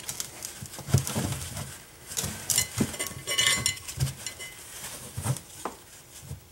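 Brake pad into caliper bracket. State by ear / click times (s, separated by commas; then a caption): not seated / none. A new rear brake pad with a steel backing and clip is pushed into the caliper bracket of a 2005 T&C, trying to make it click into place. Scraping and knocking metal contacts are heard, with sharp clinks near 2.5 seconds. The pad has not seated or clicked in yet.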